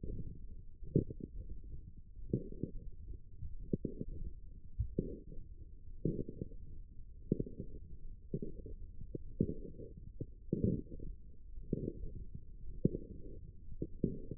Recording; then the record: forearm muscle sounds (acoustic myography)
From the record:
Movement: forearm supination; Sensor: system 1, eight BSWA MPA416 microphones around the upper forearm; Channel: 7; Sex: male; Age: 23 years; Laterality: right